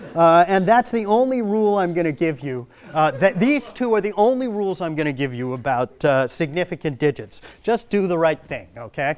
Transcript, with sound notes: And that's the only rule I'm going to give you. [laughter] These two are the only rules I'm going to give you about significant digits, just do the right thing, okay.